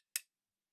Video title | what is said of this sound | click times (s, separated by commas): Staccato CS Assembly Tutorial - Step-by-Step Guide | You'll get an audible click. | 0.2 s